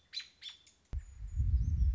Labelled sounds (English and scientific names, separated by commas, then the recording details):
American Robin (Turdus migratorius)
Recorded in Sonoma County, California